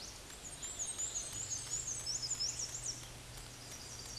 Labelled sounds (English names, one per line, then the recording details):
Black-and-white Warbler song
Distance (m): 20 m
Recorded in a Pennsylvania forest on 18 May 2023 at 13:58
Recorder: AudioMoth, point grid1_32_low
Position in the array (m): 88 m, 105 m